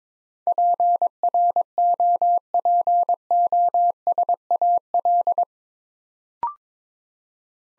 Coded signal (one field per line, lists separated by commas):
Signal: Morse code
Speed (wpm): 22 wpm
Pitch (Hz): 700 Hz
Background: none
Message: PROPOSAL